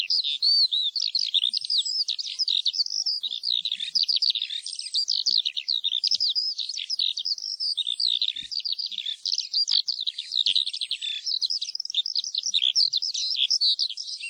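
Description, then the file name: Eurasian skylark song, a long unbroken stream of high, rapid chirps, trills and warbled notes pouring on without pause for the whole stretch. "ALLODOLA"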